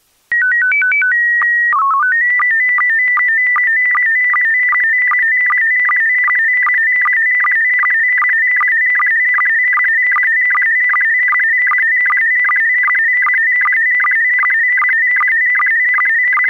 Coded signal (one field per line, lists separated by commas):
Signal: SSTV (slow-scan television)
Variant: PD 50